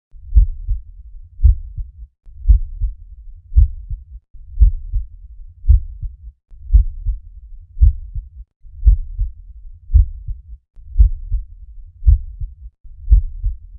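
Normal heart sounds from an adult heart, heard through a stethoscope.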